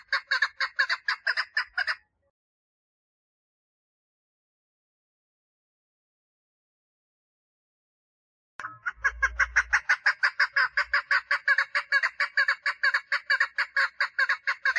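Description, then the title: Partridge song in two bouts of quick, harsh repeated notes separated by several seconds of silence, with a brief low thump as the second begins. "Perdiz Cantando"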